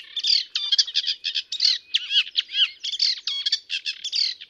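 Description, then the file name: Eurasian reed warbler giving a varied song of scratchy chirps mixed with short rising and falling whistled notes, uneven tempo, clear and continuous. "Rousserolle effarvatte"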